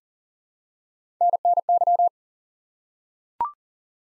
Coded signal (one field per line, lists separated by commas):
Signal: Morse code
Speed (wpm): 39 wpm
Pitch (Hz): 700 Hz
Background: none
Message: NNY